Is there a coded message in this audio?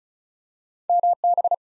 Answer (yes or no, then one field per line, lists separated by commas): yes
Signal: Morse code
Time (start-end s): 0.9-1.5 s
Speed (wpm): 36 wpm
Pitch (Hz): 700 Hz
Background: none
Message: MB